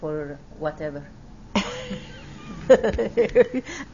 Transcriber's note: they laugh